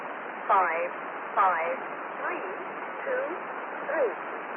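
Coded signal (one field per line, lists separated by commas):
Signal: numbers station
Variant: E03A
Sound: five short, evenly spaced spoken words through hissy, band-limited shortwave static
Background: radio static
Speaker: Then 6 tones were transmitted, plus exactly 200 5-figure groups of numbers.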